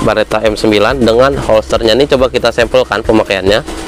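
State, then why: Not seated. A snap button on a leather holster strap is being handled around a pistol-shaped lighter modeled on a Beretta M9, while someone talks throughout. The holster is not yet snapped shut, and nothing has seated or clicked yet.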